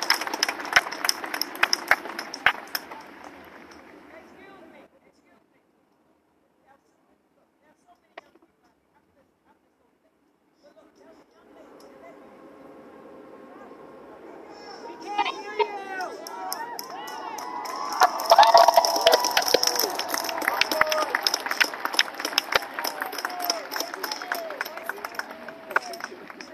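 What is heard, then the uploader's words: Protest in a downtown square: a busy mix of voices and clatter for the first five seconds, then near silence with a couple of faint clicks until about eleven seconds. Crowd noise swells back, peaking around eighteen seconds with shouting, chants and sharp taps. Niagara Square Protest in Downtown Buffalo.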